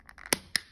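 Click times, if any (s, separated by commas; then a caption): 0.3 s, 0.6 s. After a CR2032 coin battery is replaced in a 2015–2021 GMC Yukon remote key fob, the plastic back cover is refitted and pressed down onto the fob housing. Faint scraping is followed by two sharp snaps at 0.3 s and 0.6 s as the cover seats. The cover is snapped back down in place.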